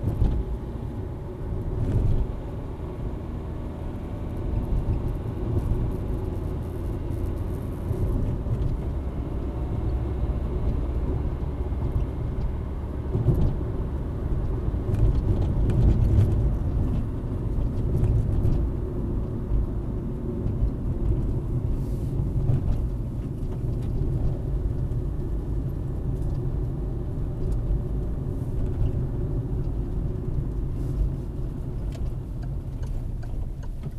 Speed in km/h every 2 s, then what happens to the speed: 59, 59, 65, 67, 71, 75, 74, 74, 62, 52, 46, 42, 43, 42, 39, 32, 14.
0-9 speeds up to 75. 9-14 steady at about 74. 14-32 slows to 14.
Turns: 21-30.